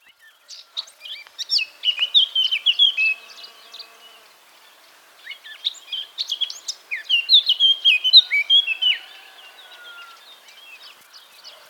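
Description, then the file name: Eurasian blackcap song: two rich warbling phrases of quick chattering notes that run into clear, fluty whistles, separated by a short pause, with faint background twittering. "Sylvia atricapilla"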